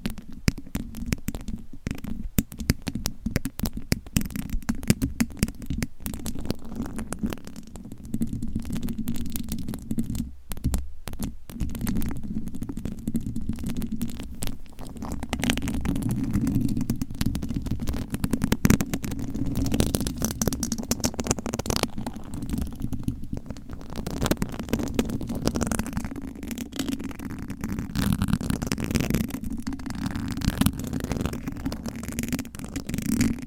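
Gentle tapping and scratching, dense and uneven, over a steady low hum, with a brief pause near ten seconds.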